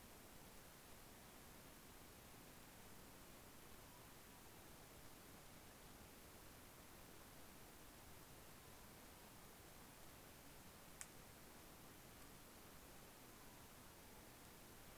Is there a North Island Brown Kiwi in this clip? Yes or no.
no